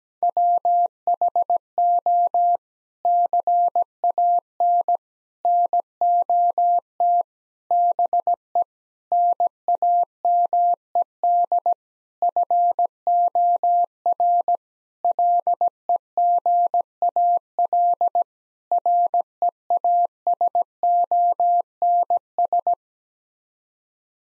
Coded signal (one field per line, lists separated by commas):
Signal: Morse code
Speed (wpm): 17 wpm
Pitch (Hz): 700 Hz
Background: none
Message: WHO CAN NOT BE NAMED FOR LEGAL REASONS